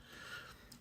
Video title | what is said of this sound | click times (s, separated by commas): Zyris Isolite® Pro - System Cleaning and Maintenance | place them over the back of the control head and press until they click. | 0.7 s